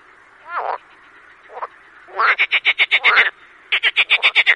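Marsh frog calls: soft grunting notes at first, then loud rapid rattling bursts of pulsed croaks.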